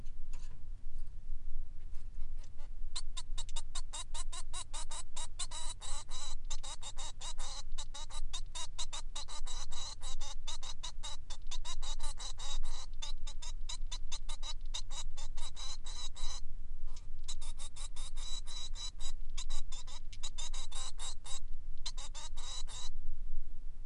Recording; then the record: song of a male Bengalese finch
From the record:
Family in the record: son of father 3